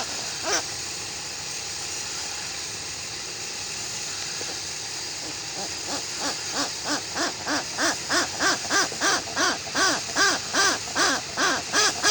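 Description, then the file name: Westland petrel calling: a single note, a pause, then a series of harsh, rhythmic arched notes that build in loudness, about three per second. "westland black petrel song"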